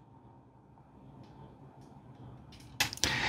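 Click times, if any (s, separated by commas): 2.9 s, 3.0 s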